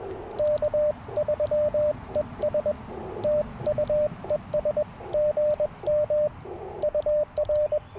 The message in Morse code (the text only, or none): K3ES TU ES GM UR